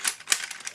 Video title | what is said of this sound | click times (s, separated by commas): CaDA C81006W deTech Police Assault Rifle aus Klemmbausteinen • Unboxing & Review (PAR / MP5) | ist es eingerastet und fest und dann rutscht ihr auch nicht von selbst raus | 0.3 s